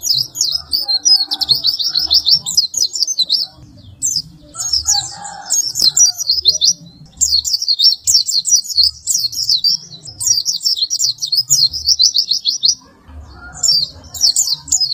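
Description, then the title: White-eye song: rapid, high, buzzy twittering phrases in long bursts separated by brief pauses, with faint low background rumble. "Pleci"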